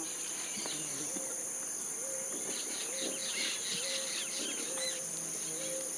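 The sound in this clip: Bird calls: short, flat, low whistled notes repeated irregularly, with faint chirps higher up over a steady high-pitched hiss.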